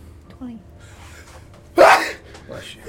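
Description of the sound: A single sudden, explosive sneeze from an adult man, lasting a fraction of a second, rises well above the quiet murmur and soft voices around it. It is one loud, forceful, open-mouthed sneeze with no warning or audible build-up beforehand, so startling it could be called cardiac arrest inducing.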